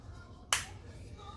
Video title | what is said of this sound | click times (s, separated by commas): AT&T Note 10 Plus Unboxing | can see the case clicks | 0.5 s